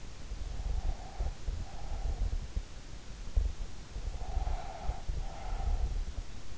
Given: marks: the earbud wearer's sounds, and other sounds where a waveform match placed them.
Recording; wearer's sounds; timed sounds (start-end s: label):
sounds in sleep by an in-ear microphone; breath
0.64-2.48 s: breath
4.16-6.29 s: breath